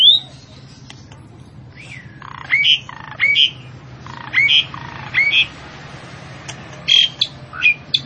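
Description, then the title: Javan pied starling calls: paired harsh nasal notes with sharp up-slurred whistles, in a series of bursts after a quiet start; low background hum. Female bird, vocal and persistent (gacor, ngotot). "Burung Jalak Suren Betina Gacor Ngotot"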